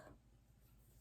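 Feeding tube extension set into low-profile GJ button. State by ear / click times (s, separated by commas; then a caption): not seated / none. A plastic feeding tube extension set is lined up by its marker with the marker on a low-profile GJ button at a stoma, pushed on and twisted toward the lock. Only faint, steady handling noise is heard over a low hum, with no distinct click. Nothing has seated or locked into place yet.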